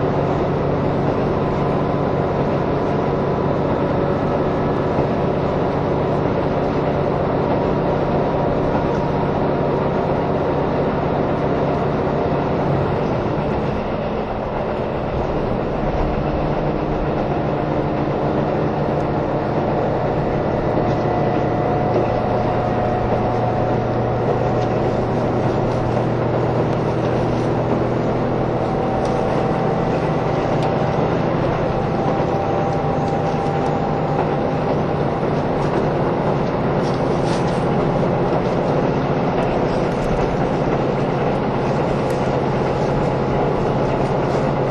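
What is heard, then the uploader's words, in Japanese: A steady, loud ride aboard a diesel train, with a deep engine drone and rumbling wheels filling the whole clip. Around the 14-second mark the noise briefly eases, then the engine note climbs in pitch as the train gathers speed. キハ183系 あそぼーい103号01 熊本～宮地。流浪の車両であるJR九州キハ183系、ようやく安住の列車となる”あそぼーい！103号”を収録したものです。走行音。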